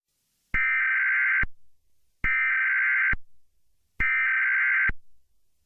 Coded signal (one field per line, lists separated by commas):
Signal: Emergency Alert System (SAME) tones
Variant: header bursts